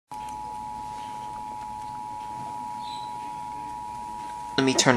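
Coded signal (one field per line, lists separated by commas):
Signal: Emergency Alert System (SAME) tones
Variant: 853 and 960 Hz attention tone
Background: speech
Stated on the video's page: Real tornado warning EAS tones, recorded off air.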